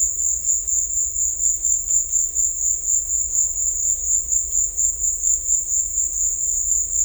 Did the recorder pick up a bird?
no